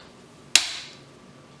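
A sharp metal cutting blade is dropped into the slot of a stand mixer spiralizer attachment. A single loud, sharp snap lands at 0.6 s and then decays quickly, as the blade clicks into place and is seated.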